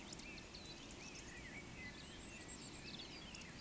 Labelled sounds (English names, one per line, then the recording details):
Eurasian Woodcock whistle
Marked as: whistle, whistle
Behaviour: display flight
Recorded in Baden-Württemberg, Germany, on 9 June 2021 at 19:40 UTC
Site 25175, 602 m above sea level